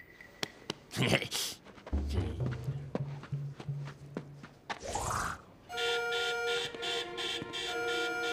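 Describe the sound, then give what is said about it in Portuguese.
Scattered footsteps and clicks, a low hum and a quick rising whoosh, then a loud, steady, buzzing alarm tone from a mummy exhibition starts suddenly and keeps blaring without a break until the end. “É o alarme. Mas espera aí. Não somos nós. É a exposição de múmias.”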